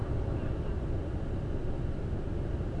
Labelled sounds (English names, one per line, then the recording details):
none
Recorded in Germany
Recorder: ecoPi